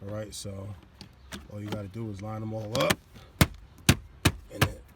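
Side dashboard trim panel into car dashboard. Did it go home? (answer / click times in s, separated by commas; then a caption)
yes / 3.4 s, 3.9 s, 4.3 s, 4.6 s. Someone talks while a side dashboard trim panel is pressed onto the dashboard of a 2015 Challenger Hellcat during a dash speaker install. Its plastic clips snap home one after another with sharp clicks at 3.4, 3.9, 4.3 and 4.6 seconds, and the panel is seated.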